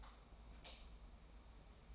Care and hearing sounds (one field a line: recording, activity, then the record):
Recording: daily activity, microphone in the room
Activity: light off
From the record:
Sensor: 1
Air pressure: 991.0 hPa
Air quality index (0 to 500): 109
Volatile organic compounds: 102 ppm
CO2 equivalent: 3766 ppm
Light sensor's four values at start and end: 26/66/27/29 and 24/57/24/26